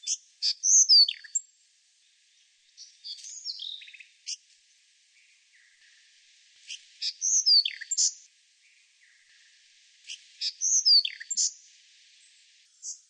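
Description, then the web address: Brown thornbill singing high, hurried twittering phrases with quick downward slurs, several bursts spaced a few seconds apart, with faint softer notes between them. Recorded in a garden in Canberra, Australia. "brown Thornbill. canberra garden birds"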